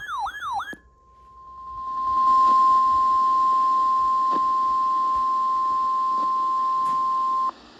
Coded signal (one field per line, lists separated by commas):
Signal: Emergency Alert System (SAME) tones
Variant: 1050 Hz attention tone